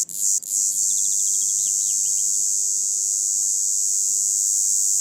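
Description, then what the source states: Red cicada buzzing song, breaking off twice right at the start, then running steadily and shrill, with a quick series of bird chirps early on. Tibicina haematodes; recorded 27 June 2018 on forested Plateau de Lesches-en-Diois, France; singing for over a week, heralding hot summer days; Nagra Seven recorder, MKH8040 microphone on boom pole.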